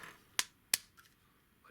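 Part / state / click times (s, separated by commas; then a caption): plastic nose cone into the figure's body / seated / 0.4 s, 0.7 s. The folded plastic nose cone of a transforming robot figure is pushed down into the figure's body until it locks into place. Two sharp, loud snaps ring out at 0.4 and 0.7 seconds, followed by a faint softer tick near 1.0 second and a low rustle at the end. The nose cone is seated.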